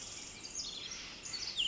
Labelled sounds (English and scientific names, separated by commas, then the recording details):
Pacific Wren (Troglodytes pacificus)
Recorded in Sonoma County, California